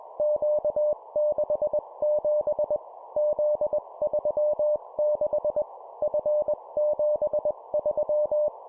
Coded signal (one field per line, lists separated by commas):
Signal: Morse code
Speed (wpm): 21 wpm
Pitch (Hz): 600 Hz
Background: none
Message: Q67 Z36 F73